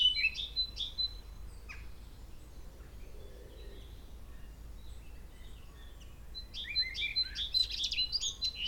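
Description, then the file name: Eurasian blackcap with a short burst of high twittering notes at the start, then near silence, then a longer run of quick varied warbling at the end. "Sylvia atricapilla"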